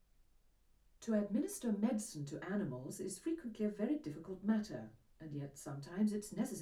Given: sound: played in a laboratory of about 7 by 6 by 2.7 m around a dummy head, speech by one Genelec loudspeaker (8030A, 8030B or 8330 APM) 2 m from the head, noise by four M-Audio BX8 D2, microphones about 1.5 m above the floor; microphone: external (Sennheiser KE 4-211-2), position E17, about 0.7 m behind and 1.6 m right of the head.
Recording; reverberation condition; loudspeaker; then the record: female speech in English; low; 60 degrees to the left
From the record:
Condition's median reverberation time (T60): about 310 ms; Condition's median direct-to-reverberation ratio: about 3.5 dB